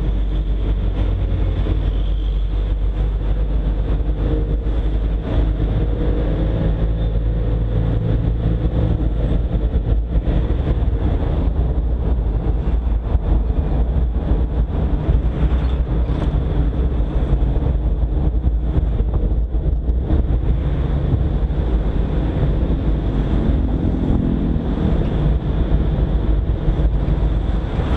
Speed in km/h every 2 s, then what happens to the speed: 33, 35, 35, 33, 37, 39, 37, 37, 40, 43, 46, 47, 48, 47.
0-9 speeds up to 39. 9-14 steady at about 37. 14-21 speeds up to 47. 21-28 steady at about 47.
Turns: none.